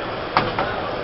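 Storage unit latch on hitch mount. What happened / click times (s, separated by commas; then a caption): The latch clicked open, releasing the unit / 0.4 s, 0.6 s. A storage unit's latch on a hitch mount is released while a helper holds the unit, giving two clicks at 0.4 s and 0.6 s over a steady background. The latch clicks open, freeing the unit for removal.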